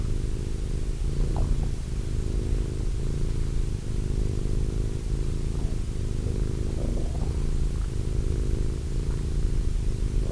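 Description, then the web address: Cat purring steadily in a low, continuous rumble with rhythmic breathing pulses, and a few faint brief higher sounds around one and seven seconds. Cat named Wilson. "~pelikas CATSOUNDS Wilson Cat"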